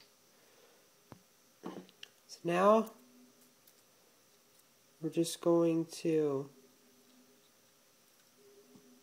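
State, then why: Not seated. A MiniMed MiniLink continuous glucose monitoring sensor is lined up in its plastic insertion device, ready to be pushed down to click and lock. Someone talks over a few faint, short ticks of handling. Nothing has clicked or locked yet.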